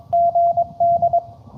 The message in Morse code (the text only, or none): GD